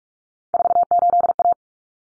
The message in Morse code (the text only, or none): 48A